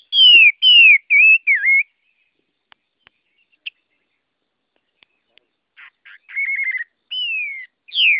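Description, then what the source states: Chinese hwamei singing loud, clear whistled phrases that slide downward, then a pause with faint clicks, a short trilled phrase and more falling whistles. Song sung in the forest style called giọng rừng.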